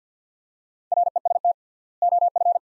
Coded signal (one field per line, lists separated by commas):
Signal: Morse code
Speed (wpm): 50 wpm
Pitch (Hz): 700 Hz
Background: none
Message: REST OF